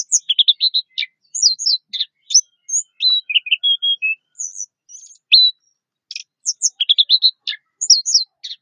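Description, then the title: Orange-headed thrush singing a dense, fast run of varied high chirps, twitters and short whistles, with brief pauses between the bursts. "Anis Merah"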